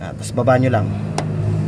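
While a clutch master cylinder is being changed on a Nissan Almera, a part of it is handled and lowered toward its mounting as someone talks over a steady low hum, with a brief sharp tick near 1.2 s. The part has not seated or clicked into place yet.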